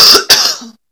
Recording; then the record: coughing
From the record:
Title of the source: November cold (wet coughing)